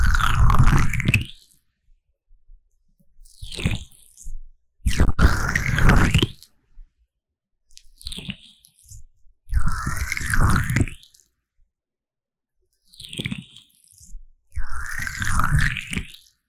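Vaseline ear massage sounds: squishy, sticky rubbing in bursts of one to two seconds, separated by silent pauses. Each burst carries a deep, muffled rumble with crackly, wet crunching on top, coming roughly every two to three seconds.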